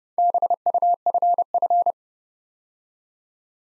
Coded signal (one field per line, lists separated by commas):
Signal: Morse code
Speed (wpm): 29 wpm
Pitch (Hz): 700 Hz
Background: none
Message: BUFF